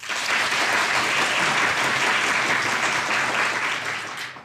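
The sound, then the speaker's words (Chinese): Sustained audience applause welcoming Song Fei, an orthopedic deputy chief physician, as he is introduced. A dense, steady patter of many hands clapping at an even loudness for about four seconds, tapering off slightly at the end, with no voices over it. “让我们把掌声送给宋飞主任。”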